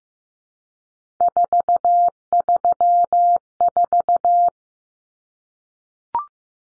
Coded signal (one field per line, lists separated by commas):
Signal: Morse code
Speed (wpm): 15 wpm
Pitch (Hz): 700 Hz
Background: none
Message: 434